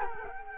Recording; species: mosquito wingbeat signal from an infrared sensor; Culex quinquefasciatus